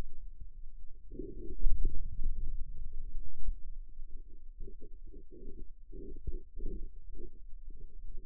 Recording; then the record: forearm muscle sounds (acoustic myography)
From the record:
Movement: inward rotation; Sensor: system 2, bracelet of six BSWA MPA416 microphones around the upper forearm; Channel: 5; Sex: male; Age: 22 years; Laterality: right